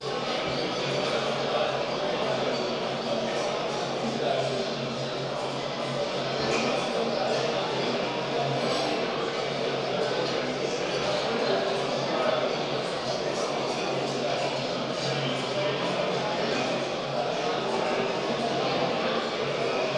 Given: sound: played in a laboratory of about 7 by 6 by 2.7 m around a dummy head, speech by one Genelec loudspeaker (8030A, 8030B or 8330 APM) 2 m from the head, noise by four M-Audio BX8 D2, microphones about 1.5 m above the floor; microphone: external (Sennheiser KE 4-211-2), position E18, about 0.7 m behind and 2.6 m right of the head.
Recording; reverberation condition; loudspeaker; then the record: cafeteria noise; high; four, about 170 cm from the corners of the room and facing them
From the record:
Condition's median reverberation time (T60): about 1300 ms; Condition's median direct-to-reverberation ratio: about -4.0 dB